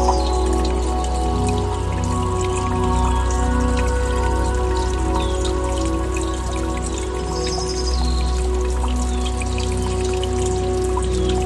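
Soft, sustained music tones hold steady throughout, with a low droning hum underneath, layered over a dense, constant trickle of running water like a brook. Occasional light chirps flick across the upper range, and the overall level stays even from start to finish.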